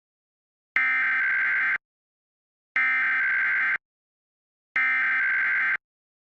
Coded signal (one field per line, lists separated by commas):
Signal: Emergency Alert System (SAME) tones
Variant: header bursts